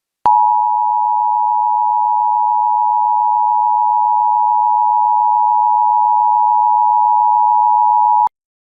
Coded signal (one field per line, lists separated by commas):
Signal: Emergency Alert System (SAME) tones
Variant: 853 and 960 Hz attention tone